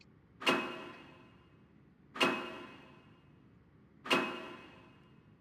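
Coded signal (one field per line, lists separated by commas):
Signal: none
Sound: a car's warning chimes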